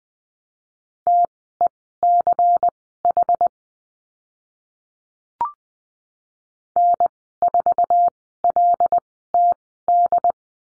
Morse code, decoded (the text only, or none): TECH N4LTD